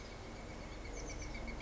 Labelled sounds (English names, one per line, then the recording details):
Oak Titmouse
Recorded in Sonoma County, California